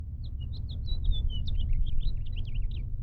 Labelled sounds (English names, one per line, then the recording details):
House Finch song
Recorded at Lawrence on Long Island, New York, on 4 June 1975
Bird F